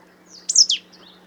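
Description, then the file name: Marsh tit call: one brief, high, slurred phrase of two or three quick notes dropping in pitch, with a faint low hum in the background. "Poecile palustris"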